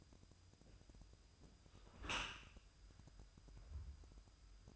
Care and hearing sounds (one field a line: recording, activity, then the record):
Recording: daily activity, microphone in the room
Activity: close dishwasher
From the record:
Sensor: 2